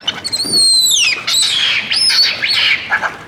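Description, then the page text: Capuchin monkey screeching: shrill high shrieks, the first sliding down in pitch, then several harsh overlapping bursts over about three seconds. Captive capuchin monkey screeching at Madrid Zoo, Spain. "Zoo de Madrid: mono capuchino chillando"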